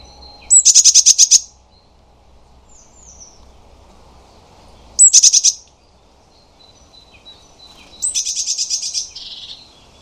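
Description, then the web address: Eurasian blue tit giving three churring scolds, each a high note followed by a quick buzzy rattle, the last bout longer and softer. "cianscape birddata Deverinetal 2025 File origin Bird Only Cy Ca"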